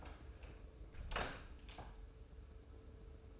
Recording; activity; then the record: daily activity, microphone in the room; close door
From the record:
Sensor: 2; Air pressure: 1015.1 hPa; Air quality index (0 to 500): 135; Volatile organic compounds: 5 ppm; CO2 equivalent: 1735 ppm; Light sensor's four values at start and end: 13/35/14/15 and 13/35/14/15